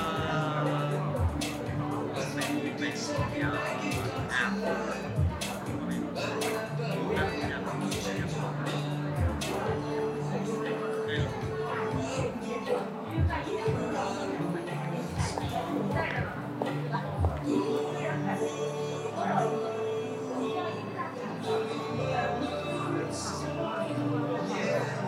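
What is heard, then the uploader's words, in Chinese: An Apple store in Beijing's Sanlitun at 8 p.m.: steady, dense crowd chatter with overlapping voices, occasional brief clatters, and no pauses throughout. 晚上八点的Apple店｜城市声音。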